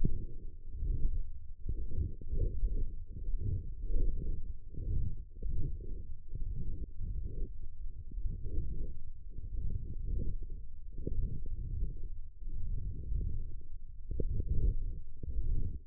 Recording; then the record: forearm muscle sounds (acoustic myography)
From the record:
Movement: wrist extension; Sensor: system 1, eight BSWA MPA416 microphones around the upper forearm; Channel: 6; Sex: female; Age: 20 years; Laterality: right